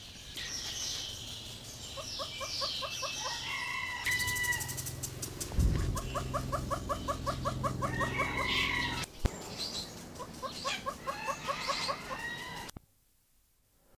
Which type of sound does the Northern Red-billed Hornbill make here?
call